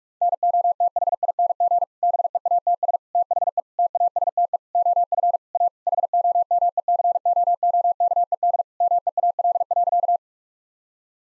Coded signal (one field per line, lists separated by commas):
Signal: Morse code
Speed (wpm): 46 wpm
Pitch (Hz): 700 Hz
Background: none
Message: NOTHING BEATS THE TASTE OF A HOMECOOKED MEAL.